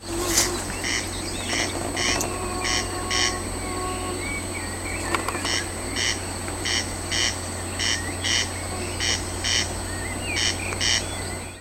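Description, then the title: Corn crake calling: dry rasping calls repeated about once a second, with a longer pause in the middle, over a constant low hum and faint background noise. "scjefin re di quaglie"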